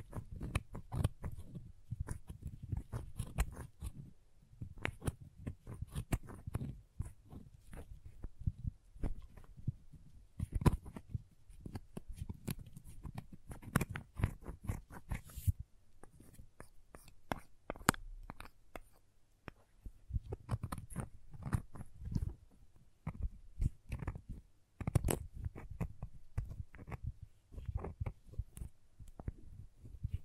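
Crayons tap and scrape in quick, irregular bursts of sharp clicks with low rubbing underneath, pausing briefly around 4, 16 and 20 seconds.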